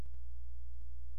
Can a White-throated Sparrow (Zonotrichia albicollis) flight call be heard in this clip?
no